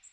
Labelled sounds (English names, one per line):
Magnolia Warbler flight call